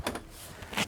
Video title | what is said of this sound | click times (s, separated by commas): Tineco Carpet One Carpet Washer Review and Demonstration | put it in the top and then click it into place and that's it there's no screw drivers | 0.8 s